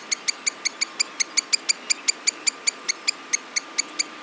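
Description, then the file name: Black-necked stilt giving clipped, high-pitched yelps in a steady series, roughly five a second, with a quiet background. "Himantopus mexicanus - Black-necked Stilt"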